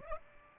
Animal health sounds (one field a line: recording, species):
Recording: mosquito wingbeat signal from an infrared sensor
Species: Aedes aegypti